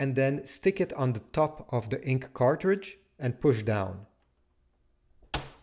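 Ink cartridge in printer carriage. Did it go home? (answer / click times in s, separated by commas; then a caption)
released / 5.4 s. Someone talks, then after a pause a finger pushes down on the top of an installed ink cartridge in the printer carriage of an HP Deskjet 3700 Series (3772) printer. A sharp click at 5.4 s marks the cartridge releasing from its latch so it can slide out by itself.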